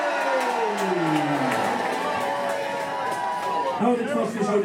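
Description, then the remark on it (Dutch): A group of people at the Altis athletics club cheers and shouts together on cue for Femke Bol, a loud, dense mass of overlapping voices that holds steady for several seconds, with a few rising and falling whoops standing out near the end. “We gaan weer even juichen. 3, 2, 1, juichen!”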